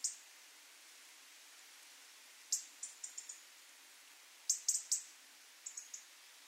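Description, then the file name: European robin making soft, high clicking ticks, singly and in small groups of three or four, over faint background hiss. "Erithacus rubecula"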